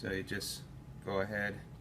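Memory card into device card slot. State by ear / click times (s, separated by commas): not seated / none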